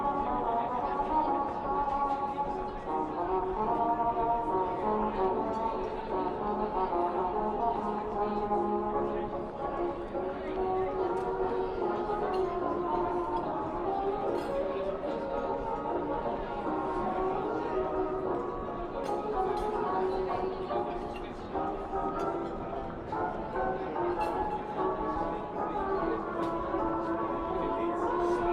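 Old-style music plays steadily in a coffee shop, its held tones and melody lines running unbroken through the whole stretch. Light talking murmurs underneath, with occasional soft clinks and taps. The level stays even throughout, with no pauses.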